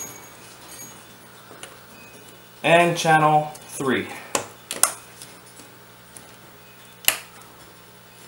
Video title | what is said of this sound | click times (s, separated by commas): How to build a PC - The Basics | memory is now installed everything is snapped into place properly now | 4.8 s, 7.1 s